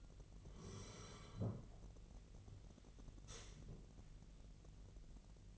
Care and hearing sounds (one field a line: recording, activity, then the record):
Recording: daily activity, microphone in the room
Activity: sit down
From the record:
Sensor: 4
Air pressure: 1002.5 hPa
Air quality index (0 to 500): 249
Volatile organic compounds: 38 ppm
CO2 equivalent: 3112 ppm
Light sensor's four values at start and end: 12/27/11/11 and 12/27/11/11